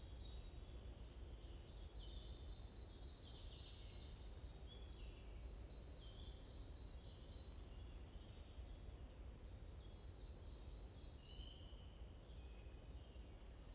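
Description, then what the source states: Birds chirping, two bouts of quick high notes separated by a brief lull, with an unbroken low rumble underneath. Morning birds chirping in a forest in Bosvoorde, Watermaal-Bosvoorde, Brussels, Belgium; described as peaceful ('rust'); recorded with an AMBE VR microphone.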